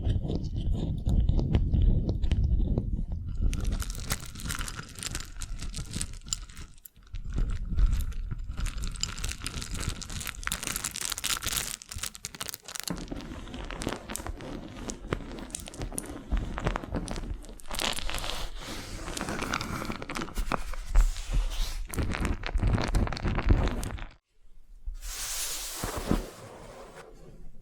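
A wax facial spa treatment with constant crackly, crinkly handling noises that come in dense bursts of soft crunching and peeling. The texture is busy and bright throughout, with brief quiet breaks near 7 and 24 seconds, then a hissy swish near the end.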